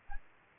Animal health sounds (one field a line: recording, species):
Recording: mosquito wingbeat signal from an infrared sensor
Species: Aedes albopictus